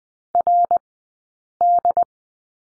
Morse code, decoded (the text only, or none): RD